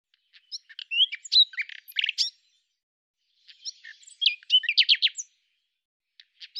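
Common nightingale song: two bursts of mixed whistles, sharp chips and rattling notes with a quiet gap between them, then the start of a third.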